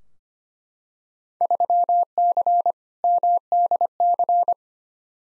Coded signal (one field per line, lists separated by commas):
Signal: Morse code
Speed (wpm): 25 wpm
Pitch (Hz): 700 Hz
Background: none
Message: 3C MDC